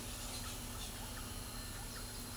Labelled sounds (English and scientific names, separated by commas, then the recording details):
Bicolored Wren (Campylorhynchus griseus)
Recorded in pastures near Pivijay, Magdalena, Colombia, on 3 June 2023 at 09:30
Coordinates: 10.456, -74.369
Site P6-G026